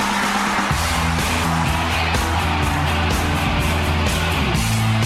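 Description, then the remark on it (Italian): Loud, continuous traffic noise with car engines, joined by tires screeching in a long skid, set over a steady low rumbling hum and broad roar throughout. “Allora, traffico e poi arriva Pardo.”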